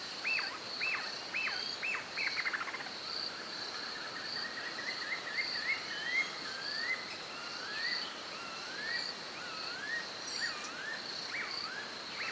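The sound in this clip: Spotted puffbird calling: a quick run of steep, high whistles, then a longer string of soft wavering whistled notes, with a constant shrill insect hum behind.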